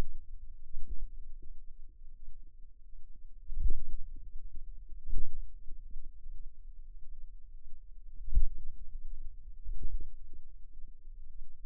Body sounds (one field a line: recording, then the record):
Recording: forearm muscle sounds (acoustic myography)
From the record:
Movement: pen grasping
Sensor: system 2, bracelet of six BSWA MPA416 microphones around the upper forearm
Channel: 6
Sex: female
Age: 23 years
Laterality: right